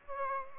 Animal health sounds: mosquito wingbeat signal from an infrared sensor; Aedes aegypti

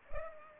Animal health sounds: mosquito wingbeat signal from an infrared sensor; Culex pipiens

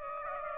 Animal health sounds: mosquito wingbeat signal from an infrared sensor; Aedes aegypti

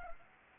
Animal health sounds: mosquito wingbeat signal from an infrared sensor; Anopheles arabiensis

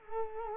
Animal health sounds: mosquito wingbeat signal from an infrared sensor; Culex quinquefasciatus

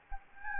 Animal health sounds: mosquito wingbeat signal from an infrared sensor; Anopheles gambiae

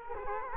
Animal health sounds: mosquito wingbeat signal from an infrared sensor; Culex quinquefasciatus

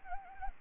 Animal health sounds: mosquito wingbeat signal from an infrared sensor; Anopheles arabiensis

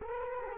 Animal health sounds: mosquito wingbeat signal from an infrared sensor; Culex quinquefasciatus

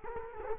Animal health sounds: mosquito wingbeat signal from an infrared sensor; Culex quinquefasciatus

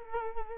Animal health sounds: mosquito wingbeat signal from an infrared sensor; Culex quinquefasciatus

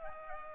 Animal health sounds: mosquito wingbeat signal from an infrared sensor; Culex pipiens

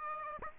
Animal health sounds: mosquito wingbeat signal from an infrared sensor; Aedes aegypti

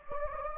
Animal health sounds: mosquito wingbeat signal from an infrared sensor; Anopheles gambiae

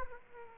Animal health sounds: mosquito wingbeat signal from an infrared sensor; Aedes aegypti

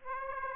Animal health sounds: mosquito wingbeat signal from an infrared sensor; Aedes aegypti

